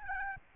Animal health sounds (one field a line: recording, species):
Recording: mosquito wingbeat signal from an infrared sensor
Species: Aedes albopictus